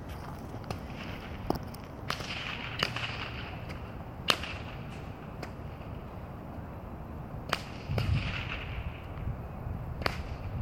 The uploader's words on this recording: I recorded the sound of a couple of folks cracking bull-whips in Cowen Park, Seattle.